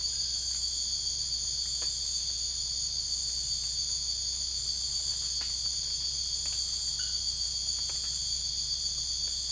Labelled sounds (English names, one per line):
none